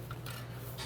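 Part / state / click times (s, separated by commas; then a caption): metal bracket tab into square cutout on front suspension of SUV / seated / 0.1 s. On the front suspension of a 2009–2016 Volvo XC60 during a control arm replacement, the end of a metal bracket's tab is pressed into the square cutout next to it and pops into place. A short, quiet metallic click at 0.1 s shows it has seated, followed by a longer scraping rattle at 0.3 s and a steady low hum underneath.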